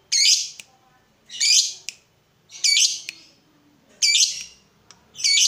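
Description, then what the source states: Yellow-vented bulbul giving harsh, scratchy call bursts, each short and high, repeated at steady intervals with quiet gaps between. Bird lure recording.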